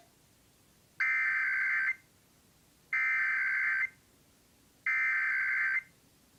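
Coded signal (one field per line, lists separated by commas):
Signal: Emergency Alert System (SAME) tones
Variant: header bursts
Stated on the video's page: Iowa Required Monthly Test originated from an AM station, relayed to all Iowa radio and TV stations.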